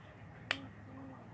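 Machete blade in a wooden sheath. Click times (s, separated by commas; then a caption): 0.5 s. A machete with a 5160 AISI steel blade made from former Jeep Willys steel, marked with a maker's logo and fitted with a full curly wood sheath, is pushed back into its wooden sheath and pressed down. A single sharp click sounds at 0.5 s over a quiet background as the blade locks into the sheath, seated so it won't come out.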